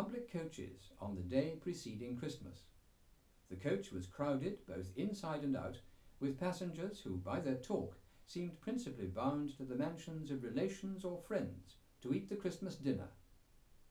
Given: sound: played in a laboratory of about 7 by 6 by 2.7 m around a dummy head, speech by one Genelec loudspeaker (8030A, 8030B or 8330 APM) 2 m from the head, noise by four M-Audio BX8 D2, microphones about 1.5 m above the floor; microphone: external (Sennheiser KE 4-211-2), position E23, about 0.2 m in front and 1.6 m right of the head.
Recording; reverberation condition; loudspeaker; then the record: male speech in English; low; 30 degrees to the right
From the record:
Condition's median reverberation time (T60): about 310 ms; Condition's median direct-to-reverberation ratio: about 3.5 dB